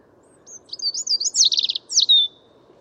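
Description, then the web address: European robin song: a clear phrase of high thin whistles sliding up and down, a quick rattling trill, and a final falling whistle, over a faint low hum. "Deverinetal 2025 File origin Bird Only Er Ru"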